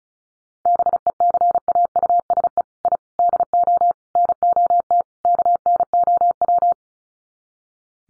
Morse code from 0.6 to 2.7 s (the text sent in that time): BECAUSE